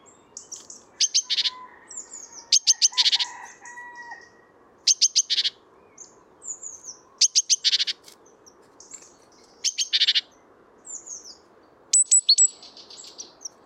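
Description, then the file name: Great tit calls: short clusters of sharp, high ticking notes mixed with thin whistles, bursts repeating every two to three seconds over a soft steady background hiss. "Parus major"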